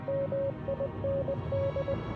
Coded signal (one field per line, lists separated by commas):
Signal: Morse code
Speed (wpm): 20 wpm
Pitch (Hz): 550 Hz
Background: music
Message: MIND